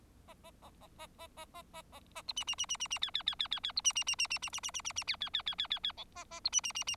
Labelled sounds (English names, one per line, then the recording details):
Bengalese Finch song
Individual Bird4